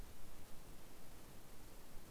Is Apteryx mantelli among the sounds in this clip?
no